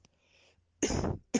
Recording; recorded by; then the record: voluntary cough; messaging app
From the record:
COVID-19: positive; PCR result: self-reported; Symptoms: yes